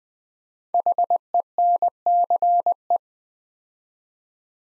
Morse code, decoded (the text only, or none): HENCE